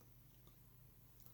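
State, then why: Released. A Phillips screw pressed firmly onto the steel tip of a DeWalt heavy-duty demolition screwdriver is pulled off, popping free with a short, sharp pop at 1.3 s over a steady low background hum. The audible pop shows the screw was a tight fit on the tip.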